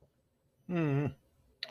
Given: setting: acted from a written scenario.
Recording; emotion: vocal sound without words; neutral